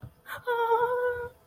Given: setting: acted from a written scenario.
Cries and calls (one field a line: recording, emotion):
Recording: vocal sound without words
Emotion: fear